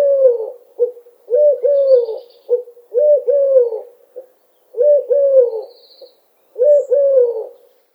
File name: Tuerkentaube Ruf